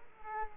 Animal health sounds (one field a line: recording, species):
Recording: mosquito wingbeat signal from an infrared sensor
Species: Culex quinquefasciatus